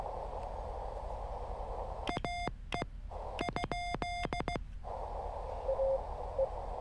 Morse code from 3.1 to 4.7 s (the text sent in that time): ?